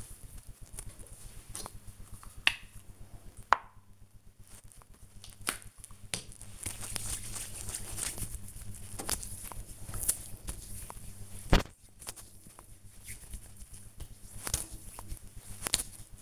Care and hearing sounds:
household activities, microphone on the right wrist
0.00-16.22 s: cream hands

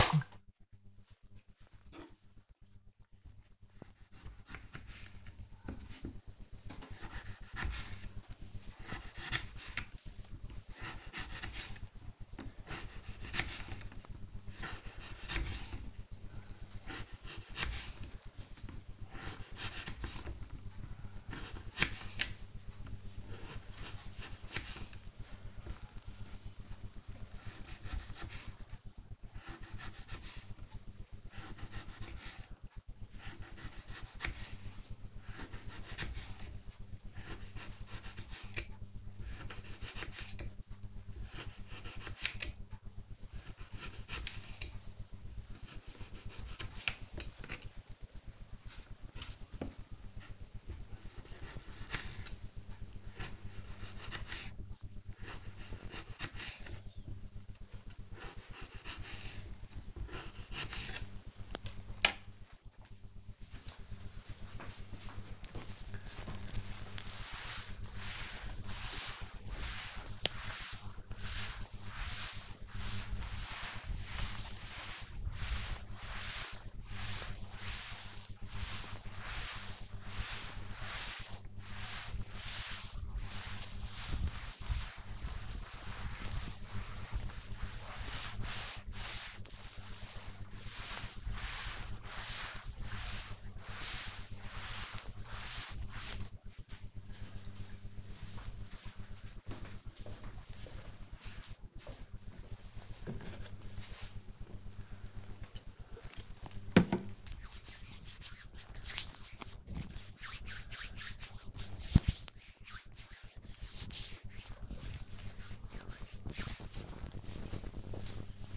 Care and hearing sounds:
household activities, microphone on the right wrist
6.43-60.78 s: cutting vegetables
65.81-95.96 s: cleaning table
105.05-114.11 s: disinfecting hands

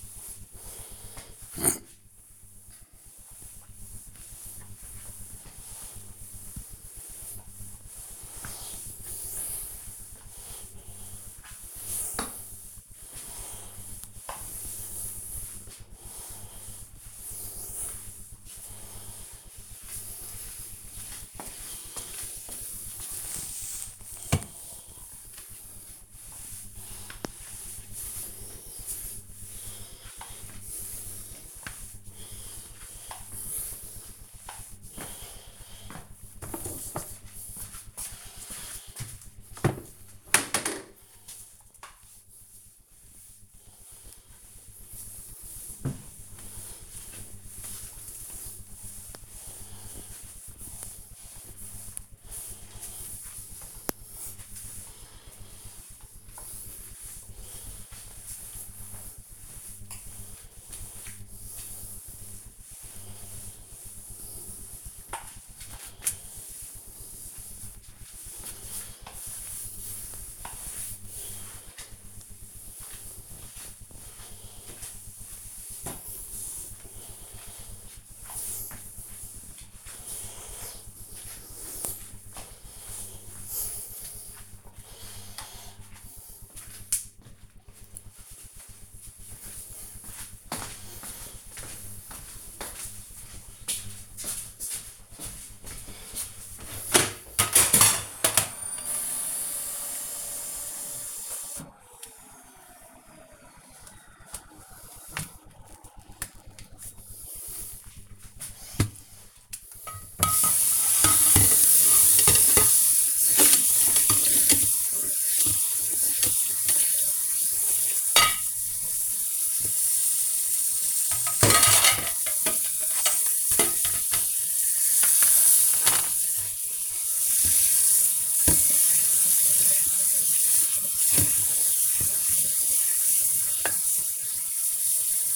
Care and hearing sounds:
household activities, microphone on the right wrist
0.00-83.99 s: floor cleaning
97.06-135.36 s: washing dishes
110.19 s: note: vacuum cleaner started

